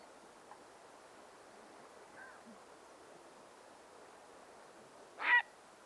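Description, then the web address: Grey heron call, one harsh croak near the end after several seconds of quiet background hiss. "cantos garzareal"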